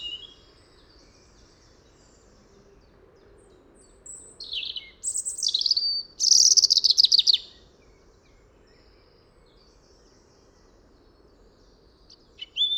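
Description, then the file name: European robin song: after quiet, thin whistles build into a loud, fast, glittering trill, then silence again before one high note at the end. "Erithacus rubecula"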